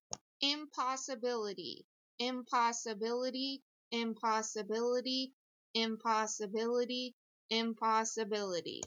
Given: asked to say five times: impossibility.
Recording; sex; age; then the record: repeated word; female; 30 to 39 years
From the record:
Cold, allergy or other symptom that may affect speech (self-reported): no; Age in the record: 37 years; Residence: Ohio, United States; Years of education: 16